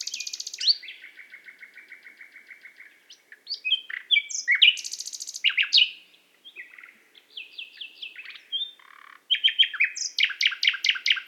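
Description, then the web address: Nightingale in continuous varied song: a long run of evenly spaced soft notes, sharp whip-like upslurs, whistles, and a closing burst of loud rapid repeated notes. Qatar. "qatar birds nightingale"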